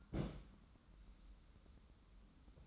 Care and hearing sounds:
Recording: daily activity, microphone in the room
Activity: place on stove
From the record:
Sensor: 3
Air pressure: 994.4 hPa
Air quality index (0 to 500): 213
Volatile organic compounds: 1000 ppm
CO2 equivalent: 7119 ppm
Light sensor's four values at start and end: 199/480/202/201 and 199/480/202/201

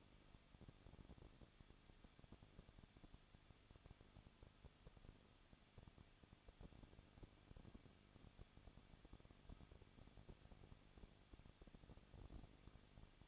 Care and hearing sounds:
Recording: daily activity, microphone in the room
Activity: no activity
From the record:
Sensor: 4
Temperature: 23.1 degrees Celsius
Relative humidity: 34.1%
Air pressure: 1007.2 hPa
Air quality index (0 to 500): 214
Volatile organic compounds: 14 ppm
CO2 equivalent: 2473 ppm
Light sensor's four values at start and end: 2/3/1/1 and 2/3/1/1

